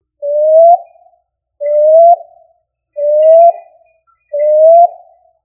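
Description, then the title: Pigeon cooing: four smooth, slightly rising coos, each under a second long, repeated about every 1.4 seconds against a quiet background. "Columbidae Pomba"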